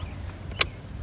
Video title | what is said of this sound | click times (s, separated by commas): HOW TO PASS YOUR CAN-AM 3-WHEEL COURSE!! (A Guide) | unplugs like this you twist it until you hear a pop | 0.6 s